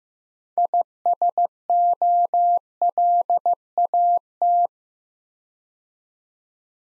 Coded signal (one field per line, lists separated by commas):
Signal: Morse code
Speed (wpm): 15 wpm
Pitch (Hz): 700 Hz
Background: none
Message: ISOLAT